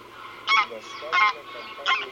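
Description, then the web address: Greylag goose honking: three loud, harsh nasal honks spaced roughly two-thirds of a second apart over a steady low background hum. "Гусь серый Oca selvatica"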